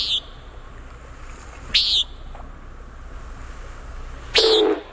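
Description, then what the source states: Common Nighthawk: three short, nasal, buzzy peent notes a few seconds apart, the last joined by a brief, lower hollow tone, over faint background hiss. Played back: peent call heard several times, then the male's wing sound as it dives, called a boom or booming.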